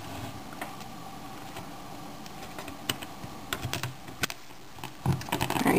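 A plastic back cover is pressed onto the housing of a Zen Vision W portable media player, its plastic clips snapping into place one after another. Sharp clicks land at 2.9, 3.5, 3.7, 4.2 and 5.3 seconds over a faint steady hiss, with handling rustle toward the end. The cover is seated, and the snapping is a good sign.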